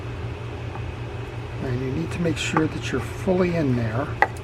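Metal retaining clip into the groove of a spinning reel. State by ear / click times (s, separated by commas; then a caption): not seated / none. A metal retaining clip is handled into the groove of a Shimano FX300 spinning fishing reel while someone talks over a steady low hum, with a brief sharp tick near 4.2 seconds. The clip has not yet snapped into place; nothing has seated.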